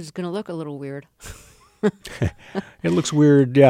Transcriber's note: soundbite of laughter